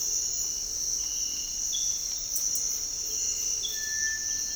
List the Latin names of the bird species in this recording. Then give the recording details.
Tinamus guttatus. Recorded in dense forest near Puerto Asís, Putumayo, Colombia, on 19 February 2024 at 06:30. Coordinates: 0.485, -76.318. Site G6408